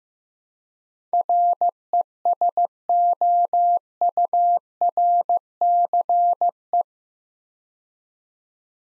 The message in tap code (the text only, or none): none